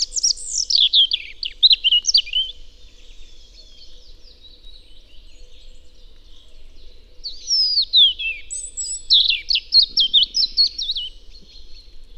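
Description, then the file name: European robin song: two bursts of high, thin, tumbling warbled notes, trilled and quickly changing in pitch, separated by a few seconds of quiet. "Erithacus rubecula"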